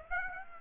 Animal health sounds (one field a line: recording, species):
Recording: mosquito wingbeat signal from an infrared sensor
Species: Aedes aegypti